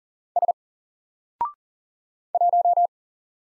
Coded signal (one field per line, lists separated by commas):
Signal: Morse code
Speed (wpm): 40 wpm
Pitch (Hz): 700 Hz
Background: none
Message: S 1